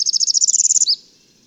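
Bird song: a fast, even trill of high buzzy pulses, ending in a short downslurred note, then quiet.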